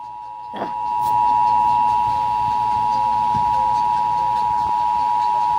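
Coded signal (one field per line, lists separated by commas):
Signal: Emergency Alert System (SAME) tones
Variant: 853 and 960 Hz attention tone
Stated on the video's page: EAS alert in a fan-made horror story.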